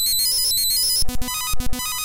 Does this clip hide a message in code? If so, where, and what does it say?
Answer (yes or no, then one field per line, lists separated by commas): no